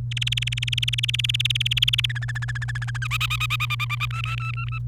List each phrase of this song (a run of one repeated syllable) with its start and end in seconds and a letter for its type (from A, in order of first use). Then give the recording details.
0.11-2.06 A, 2.10-2.97 B, 3.02-4.05 C, 4.10-4.79 D. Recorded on 28 April 2018 at 17:10. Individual llb3